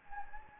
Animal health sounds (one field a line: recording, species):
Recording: mosquito wingbeat signal from an infrared sensor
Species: Anopheles gambiae